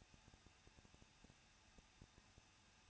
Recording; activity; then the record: daily activity, microphone in the room; no activity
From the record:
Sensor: 2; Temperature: 21.0 degrees Celsius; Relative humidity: 37.3%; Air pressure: 1006.2 hPa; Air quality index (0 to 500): 221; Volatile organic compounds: 23 ppm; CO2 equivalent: 2796 ppm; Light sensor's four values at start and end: 2/3/2/2 and 2/3/2/2